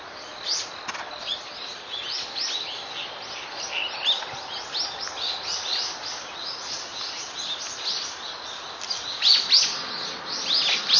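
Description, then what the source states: Bird chirps: a dense, continuous stream of high chirps and tweets, louder toward the end. Recorded on 23 October 2013.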